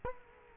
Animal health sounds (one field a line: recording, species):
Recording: mosquito wingbeat signal from an infrared sensor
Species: Culex quinquefasciatus